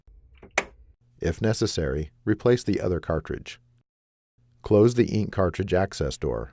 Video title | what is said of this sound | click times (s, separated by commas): Replacing a Cartridge in the HP ENVY 5540 Printer HP ENVY HP | push the cartridge up and towards the rear of the printer until it snaps into place if necessary | 0.6 s